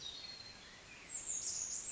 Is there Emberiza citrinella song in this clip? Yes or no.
no